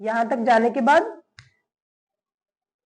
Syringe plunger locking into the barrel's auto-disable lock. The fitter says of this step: ये जो टक की आवाज आई है दैट मींस आपकी जो जितनी भी आपने जो भी इंजेक्शन लगाया वो 0.5 ml पूरा चला गया।